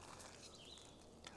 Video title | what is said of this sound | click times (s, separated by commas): How Does Silky Saw's Gomboy Kuro Stand Up? | When I open this up here to this angle here, it locks in the place pretty good. | 1.3 s